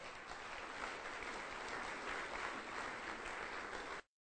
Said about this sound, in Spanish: Denle un aplauso a Dios.